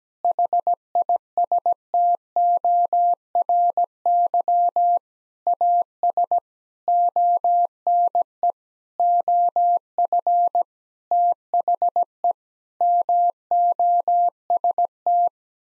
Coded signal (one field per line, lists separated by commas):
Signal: Morse code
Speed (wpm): 17 wpm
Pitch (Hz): 700 Hz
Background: none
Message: HISTORY AS ONE OF THE MOST